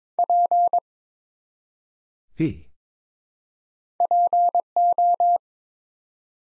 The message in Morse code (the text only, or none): P PO